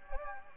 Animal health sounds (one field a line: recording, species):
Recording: mosquito wingbeat signal from an infrared sensor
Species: Anopheles gambiae